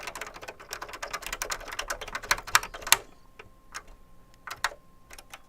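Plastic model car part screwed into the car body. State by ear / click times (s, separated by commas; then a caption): not seated / none. A small screw is tightened down on a plastic part of a 1:8 scale Dodge Charger R/T model car body, producing rapid, dense ticking and scraping for about three seconds with sharp louder snaps, then a few scattered clicks over a faint steady tone. Nothing has seated or clicked into place: the screw does not come down over the plastic properly, so the part is not in place and does not lock.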